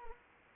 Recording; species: mosquito wingbeat signal from an infrared sensor; Anopheles arabiensis